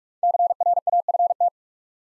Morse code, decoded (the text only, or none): CRAFT